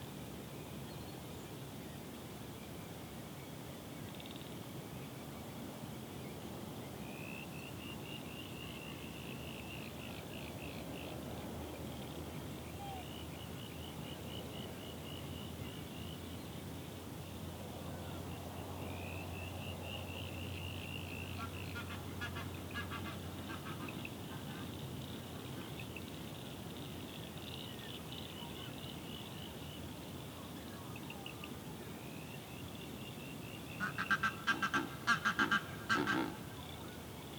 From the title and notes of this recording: The dusk chorus at our local swamp on Phillip Island. Recorded in Spring 2021.